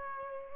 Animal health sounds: mosquito wingbeat signal from an infrared sensor; Aedes albopictus

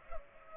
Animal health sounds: mosquito wingbeat signal from an infrared sensor; Culex pipiens

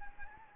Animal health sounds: mosquito wingbeat signal from an infrared sensor; Anopheles gambiae

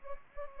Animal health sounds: mosquito wingbeat signal from an infrared sensor; Anopheles gambiae

